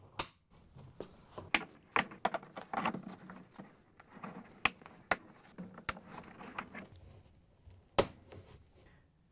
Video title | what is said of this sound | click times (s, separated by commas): Washer Loud During Spin? Replace Bearing & Tub Seal Kit — Whirlpool (W10435302) | now that we have the tub cover snapped into place we can hook up the recirculation hose | 0.2 s, 1.5 s, 4.7 s, 5.1 s, 8.0 s